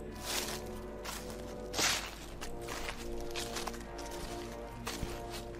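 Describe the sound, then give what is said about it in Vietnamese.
Rustling footsteps crunch outside at an uneven pace, each step a soft, scratchy burst, while a low, steady musical drone hums underneath throughout. “Khi có tiếng bước chân ở bên ngoài loạt soạt cứ vang lên.”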